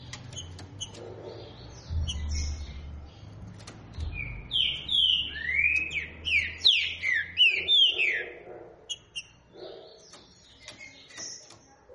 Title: Canto De Trinca Ferro Voz 09. TRINCA FERRO CANTANDO FORTE. ESQUENTAR TRINCA FERRO